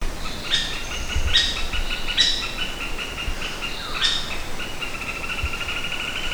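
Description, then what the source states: Orange-backed woodpecker calls: a few sharp, harsh notes over a steady run of quick, even chattering notes, with faint low background noise. Recorded 1 August 2009.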